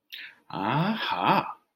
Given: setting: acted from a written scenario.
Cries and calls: vocal sound without words; realization

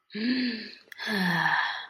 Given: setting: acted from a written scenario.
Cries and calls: vocal sound without words; serenity

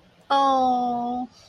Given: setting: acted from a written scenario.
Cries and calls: vocal sound without words; adoration

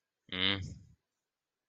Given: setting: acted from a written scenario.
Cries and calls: vocal sound without words; neutral

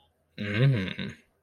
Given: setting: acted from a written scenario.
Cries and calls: vocal sound without words; desire

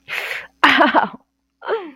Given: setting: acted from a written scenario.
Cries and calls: vocal sound without words; pain

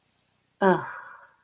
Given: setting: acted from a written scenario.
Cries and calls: vocal sound without words; disappointment

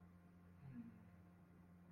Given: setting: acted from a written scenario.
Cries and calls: vocal sound without words; contentment

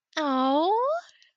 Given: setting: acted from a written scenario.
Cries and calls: vocal sound without words; adoration

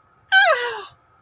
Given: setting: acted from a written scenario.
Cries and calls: vocal sound without words; elation

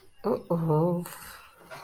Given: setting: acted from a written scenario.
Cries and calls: vocal sound without words; embarrassment

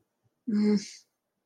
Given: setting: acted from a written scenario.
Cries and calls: vocal sound without words; shame

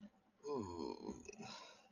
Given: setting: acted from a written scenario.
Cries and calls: vocal sound without words; embarrassment

